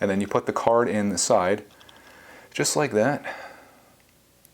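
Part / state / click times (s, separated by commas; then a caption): microSD card into action camera card slot / seated / 4.5 s. A microSD card is pushed into the side slot of a DJI Osmo Action 4 action camera, behind an opened flap. Someone talks at first, then one short, sharp tick at 4.5 s marks the card clicking into the slot, seated.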